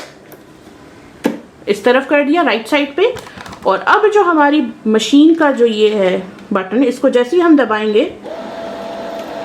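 On a Brother FS155 sewing machine, the bobbin on its plastic winder spindle is pushed to the right into winding position and clicks into place at 0.3 seconds. Someone talks for most of the clip, and a steady tone is heard near the end.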